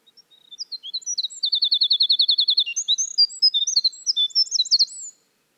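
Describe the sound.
Winter wren delivering a high-pitched, bubbling song: a few soft opening notes, a quick metallic trill, then a rush of varied chirps and warbles until it stops cleanly.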